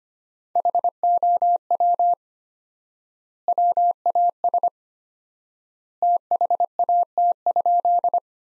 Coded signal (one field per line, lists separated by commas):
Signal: Morse code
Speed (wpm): 25 wpm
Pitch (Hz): 700 Hz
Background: none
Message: HOW WAS THAT?